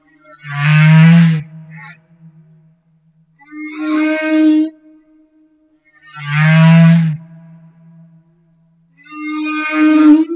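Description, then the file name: Humpback whale song alternating a low, steady moan with a higher, buzzy pulsed cry, the pair repeating twice. Madagascar. "Humpback Whale - Madagascar Whale One"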